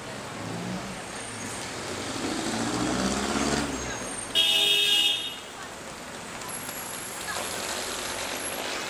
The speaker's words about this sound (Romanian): Orașul vuia de sirenele mașinilor.